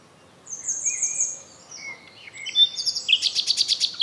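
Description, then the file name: Common nightingale song: a drawn-out high whistle and thin sliding notes, then a fast series of loud repeated notes. "Luscinia megarhynchos"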